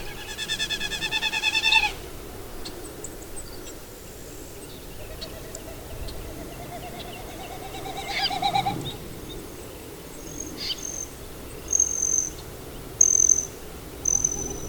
Wilson's Snipe sounds produced from air passing over the tail feathers during a dive.